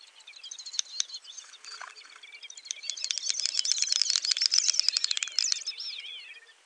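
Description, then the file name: Great snipe giving a long sequence of fast rattling clicks blended with high bubbling, whistled twitters that swell in loudness toward the end before fading. "dubelt"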